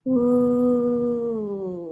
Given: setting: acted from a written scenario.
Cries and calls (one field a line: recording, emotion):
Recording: vocal sound without words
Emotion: awe